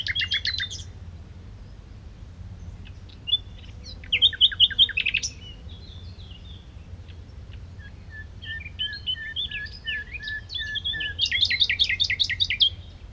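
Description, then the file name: Common nightingale song in separate bursts: high rattling notes, a whistled phrase, quiet spells, then a loud fast run of repeated chirps. "Luscinia megarhynchos"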